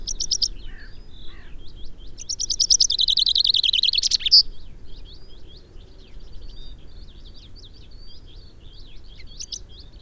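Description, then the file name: Common chaffinch sings one loud descending trill ending in a flourish, with fainter bird calls before and after. "Fringilla coelebs"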